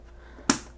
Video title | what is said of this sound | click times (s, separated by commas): eeBoo Jigsaw Puzzle Review: High Quality Puzzles from a Woman-Owned Brand | Definitely has that satisfying click. | 0.5 s